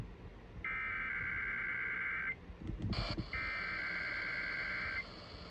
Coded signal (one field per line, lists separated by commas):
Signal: Emergency Alert System (SAME) tones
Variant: header bursts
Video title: THE REST OF MAY'S ALERTS... EAS Alerts from May 2026 (EAS #6,772 - 6,795)